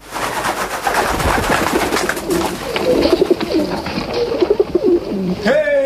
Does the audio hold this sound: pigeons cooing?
yes